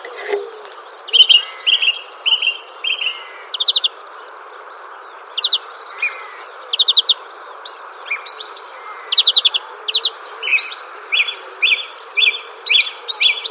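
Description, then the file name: Song thrush song: varied short phrases, each note repeated several times before switching, with pauses between phrases, over a constant background hiss. "Drozd pevchij - Pestnya"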